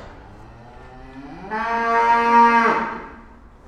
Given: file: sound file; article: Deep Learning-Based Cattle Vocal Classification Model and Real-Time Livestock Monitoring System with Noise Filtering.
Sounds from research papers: cattle; food anticipating call

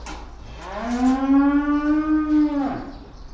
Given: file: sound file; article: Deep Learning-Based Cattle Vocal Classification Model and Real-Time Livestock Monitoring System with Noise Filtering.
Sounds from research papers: cattle; estrus call

